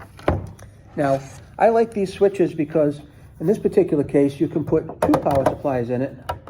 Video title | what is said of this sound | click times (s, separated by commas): Unboxing Aruba 3810M Enterprise Class Switch Show and Tell Modular Dual Power Supplies Networking | push it until it clicks done | 0.3 s